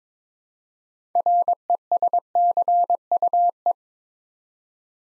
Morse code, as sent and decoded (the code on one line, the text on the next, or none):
.-. . ... -.-. ..- .
RESCUE